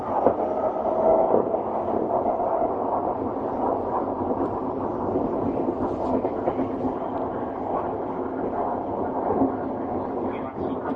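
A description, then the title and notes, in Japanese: Inside a 7000-series subway train running between stations, a steady, dense roar of wheels and motor fills the car at an even level. A faint whine rises briefly near the start, and small rattles and clacks surface now and then. 東京メトロ7000系 新木場〜練馬。車体は20m両開き4扉のアルミニウム合金製。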